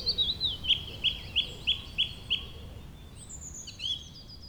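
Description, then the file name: Bird song: a quick run of bright, evenly spaced chip-like notes, about six in a row, followed by a thin high whistle and fainter twittering. "beautiful Birdsong"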